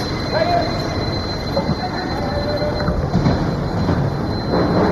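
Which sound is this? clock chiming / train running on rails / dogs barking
train running on rails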